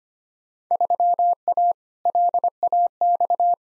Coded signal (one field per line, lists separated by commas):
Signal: Morse code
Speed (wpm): 25 wpm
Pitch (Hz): 700 Hz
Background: none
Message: 3A LAX